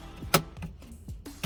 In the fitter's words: that's just the plastic popping out of it